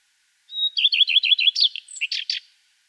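Common redstart song: one pure high note, a run of several evenly repeated phrases, then a short buzzy, mixed finale.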